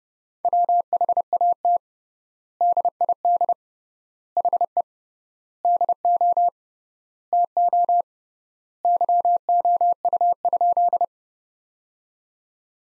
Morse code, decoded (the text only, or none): WHAT DID HE DO TO YOU?